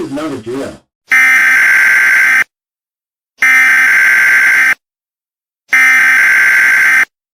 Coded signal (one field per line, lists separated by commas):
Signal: Emergency Alert System (SAME) tones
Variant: header bursts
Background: speech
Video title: EAS Covid Scenario National broadcast Test ©2022